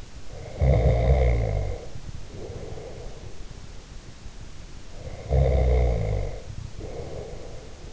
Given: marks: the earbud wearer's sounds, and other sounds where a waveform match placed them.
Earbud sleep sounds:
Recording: sounds in sleep by an in-ear microphone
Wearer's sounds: snoring breath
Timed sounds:
0.58-3.64 s: snoring breath
4.94-7.92 s: snoring breath

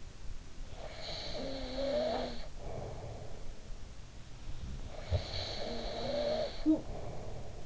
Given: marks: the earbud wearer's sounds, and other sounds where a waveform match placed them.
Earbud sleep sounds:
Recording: sounds in sleep by an in-ear microphone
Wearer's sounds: snoring breath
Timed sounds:
0.42-3.83 s: snoring breath
4.58-7.66 s: snoring breath
6.53-7.05 s: sound from someone else or the room

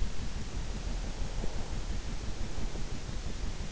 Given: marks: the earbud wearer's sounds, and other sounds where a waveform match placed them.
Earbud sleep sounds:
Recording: sounds in sleep by an in-ear microphone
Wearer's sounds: breath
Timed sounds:
0.82-3.68 s: breath

